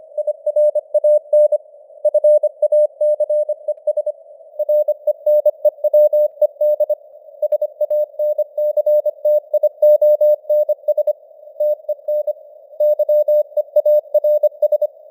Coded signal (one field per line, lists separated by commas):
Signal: Morse code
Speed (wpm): 25 wpm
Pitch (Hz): 600 Hz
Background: none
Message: IRAN FACES RENEWED SANCTIONS TEN YEARS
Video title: Morse Code News | 2025-09-29 | 25wpm